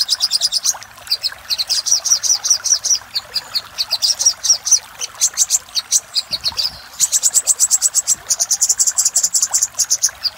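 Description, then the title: Little spiderhunter song, rapid high chipping trills in several runs, the last run higher and continuous. Master recording used for training cage birds; Indonesian name sogok ontong labaik. "Masteran Burung Sogok Ontong Labaik"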